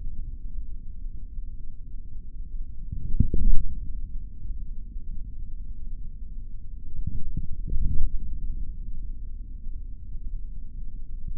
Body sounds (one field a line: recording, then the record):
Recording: forearm muscle sounds (acoustic myography)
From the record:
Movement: forearm supination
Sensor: system 3, bracelet of six PUI Audio POM-2738L microphones around the upper forearm, with dedicated amplification and filtering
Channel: 2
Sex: male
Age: 26 years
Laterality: right